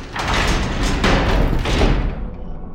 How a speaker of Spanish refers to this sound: los guardianes se marcharon, cerrando tras de sí la puerta de la cámara de gas con un golpe sádico, anormalmente más fuerte de lo que fuera necesario.